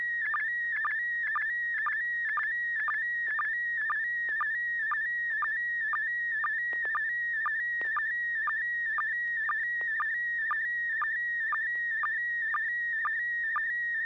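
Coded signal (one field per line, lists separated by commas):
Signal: SSTV (slow-scan television)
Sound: steady warbling whistle near 1.9 kHz with rhythmic low chirps twice a second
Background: low hum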